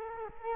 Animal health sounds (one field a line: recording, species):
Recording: mosquito wingbeat signal from an infrared sensor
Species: Culex quinquefasciatus